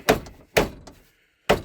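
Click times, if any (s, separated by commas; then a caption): none. The glove box door on a 1998 Dodge Dakota is raised straight up and shut against the dashboard striker without being pulled forward. Three loud thunks land at about 0.1, 0.6 and 1.5 seconds, the first two each followed by a fainter knock. The latch does not catch, so nothing has clicked or seated; it fails because there is too much slop and offset.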